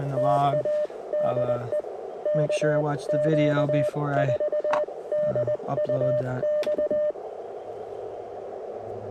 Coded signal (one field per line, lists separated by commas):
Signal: Morse code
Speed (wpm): 20 wpm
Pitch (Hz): 600 Hz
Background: speech, radio noise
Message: TADE KQ4DUX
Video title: POTA Activation; Wind in The Pines